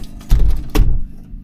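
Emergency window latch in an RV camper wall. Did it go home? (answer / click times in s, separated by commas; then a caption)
no / none. An emergency egress window set in an RV camper wall is pushed shut, closing with a heavy thunk at about 0.3 s and a second, sharper thunk at about 0.8 s. The latch does not engage and the window stays unlatched, because the latch tab is too short and needs replacing. Nothing has seated or clicked yet.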